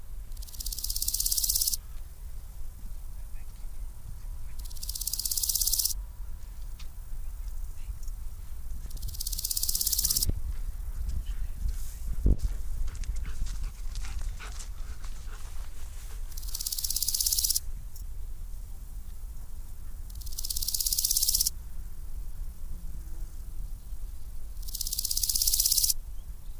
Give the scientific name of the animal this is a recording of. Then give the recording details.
Chrysochraon dispar. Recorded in the wild. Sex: male. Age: imago. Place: Lübars (Fließtal), Berlin, DE. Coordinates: 52.6167, 13.35. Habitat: Feuchtbiotop. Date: 1998-08-10 12:53. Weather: sonnig, 24°C. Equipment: Sony MD-WM MZ-R3, Sennheiser ME 80, Kopie Uher 4000 Report Monitor. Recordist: Tembrock, Günter